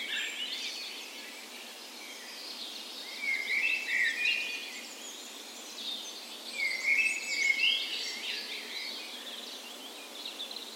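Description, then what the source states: Dawn chorus of birds with constant background twittering and two louder bursts of warbled song a few seconds apart. Spring dawn chorus in a park west in Bergen, Norway, morning of 17 May, Norway's National Day; Sony PCM A10 recorder with LOM micro Usi mics as tree ears.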